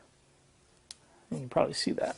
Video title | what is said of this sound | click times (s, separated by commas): K&F Concept TM2324 Tripod 2022 | turn it you hear the click | 0.9 s